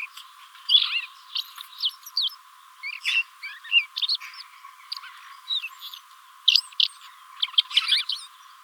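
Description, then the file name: Common blackbird calls: a busy series of short chirps and squeaky notes, some rising and falling, coming in quick irregular bursts throughout. "Turdus merula"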